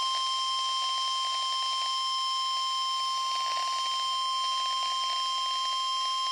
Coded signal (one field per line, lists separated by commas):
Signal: Emergency Alert System (SAME) tones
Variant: 1050 Hz attention tone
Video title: Required weekly test (EAS #70) (Radios midland hh54vp, wr400) ( KEC55 ) 6-10-20